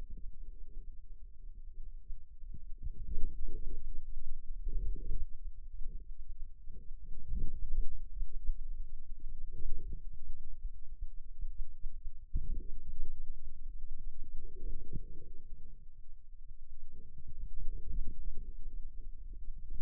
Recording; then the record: forearm muscle sounds (acoustic myography)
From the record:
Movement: outward rotation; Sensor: system 2, bracelet of six BSWA MPA416 microphones around the upper forearm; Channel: 5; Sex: male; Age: 22 years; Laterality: right